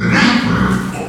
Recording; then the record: squeal of a Yucatan mini pig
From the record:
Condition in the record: after surgery on the right vocal fold (resection and tissue-engineered implant); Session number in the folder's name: 16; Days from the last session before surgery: 183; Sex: female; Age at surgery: 19 weeks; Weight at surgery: 25 kg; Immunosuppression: prednisolone